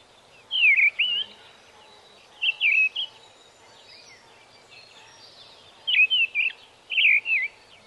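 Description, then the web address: Mistle thrush song of short, rich whistled phrases, each with two or three fluted notes, broken by pauses of up to about three seconds against a low background hiss. "bbc Bird Song Site Mistle Thrush - Grive"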